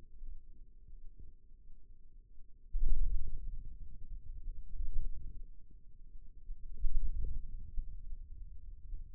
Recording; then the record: forearm muscle sounds (acoustic myography)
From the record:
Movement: wrist flexion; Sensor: system 2, bracelet of six BSWA MPA416 microphones around the upper forearm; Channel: 3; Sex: male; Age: 22 years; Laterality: right